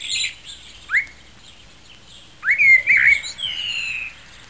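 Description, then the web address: Sparrow chirps: a quick bright burst at the start and a single note near one second, then a busy cluster of sharp, twittering chirps lasting over a second and a half. "Soundsation Animals Sparrows"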